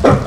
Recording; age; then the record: pig call; growing-finishing pig (85 days or more)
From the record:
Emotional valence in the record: positive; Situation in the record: run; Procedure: transit